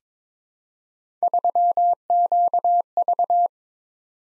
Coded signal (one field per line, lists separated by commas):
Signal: Morse code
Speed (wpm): 22 wpm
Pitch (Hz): 700 Hz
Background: none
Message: 3QV